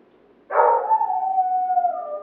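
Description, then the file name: Dog letting out a single loud bark that stretches into a steady, slowly falling howl. Neighbours' dog barking. "Digiffects Sound Effects Library - Neighbours Dog Barking"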